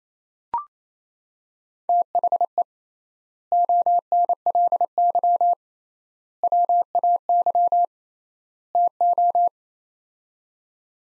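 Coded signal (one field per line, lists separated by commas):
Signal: Morse code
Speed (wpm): 28 wpm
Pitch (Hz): 700 Hz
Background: none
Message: THE ONLY WAY TO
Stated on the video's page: Morse practice of four-word sets at 28 wpm with 3x word spacing, a Farnsworth-like method, each set sent, spoken, then sent again.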